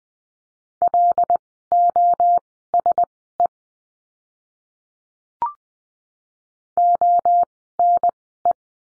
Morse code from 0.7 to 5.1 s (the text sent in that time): LOSE